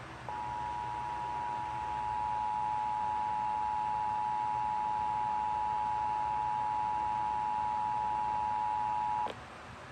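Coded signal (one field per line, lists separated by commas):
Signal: Emergency Alert System (SAME) tones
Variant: 853 and 960 Hz attention tone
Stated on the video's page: Off-air EAS captures from Riverside and San Bernardino area.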